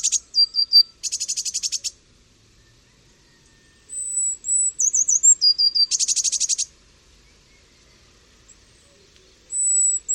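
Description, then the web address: Eurasian blue tit giving high, thin whistled notes and dry churring bursts; a few thin notes and a churring rattle, then a run of wavering whistles and a second churr, then quiet before a final whistle. "cianscape. Deverinetal"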